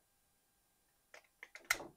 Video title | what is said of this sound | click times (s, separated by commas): Kizer Variable Wharncliffe: Ultimate Hideout Blade? Dirk Pinkerton Design | there goes clicked in place that time | 1.7 s